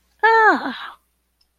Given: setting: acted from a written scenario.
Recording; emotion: vocal sound without words; realization